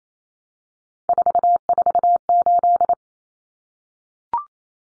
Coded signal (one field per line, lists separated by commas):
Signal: Morse code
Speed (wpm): 28 wpm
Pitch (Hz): 700 Hz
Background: none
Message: 448